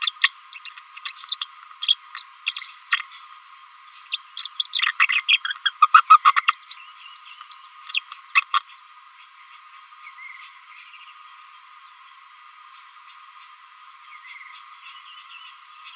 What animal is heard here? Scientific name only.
Forpus passerinus